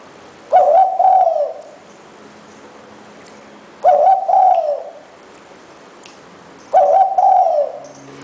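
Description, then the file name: Spotted dove cooing: three loud, slightly harsh coo phrases, each about a second long and mid-pitched, repeated roughly every three seconds over quiet hiss. "นกเขาใหญ่"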